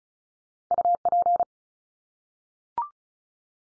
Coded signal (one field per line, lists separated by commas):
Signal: Morse code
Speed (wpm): 34 wpm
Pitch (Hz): 700 Hz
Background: none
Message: UP